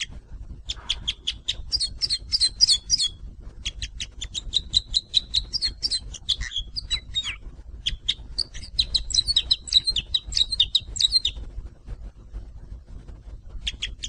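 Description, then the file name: Crossbill calling in dense clusters of sharp high chips with a few pure whistled notes, broken by short silences, over low steady background noise. "bec croises"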